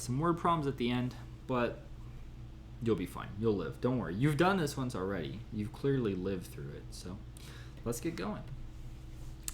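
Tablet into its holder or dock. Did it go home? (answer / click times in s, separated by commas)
yes / 9.5 s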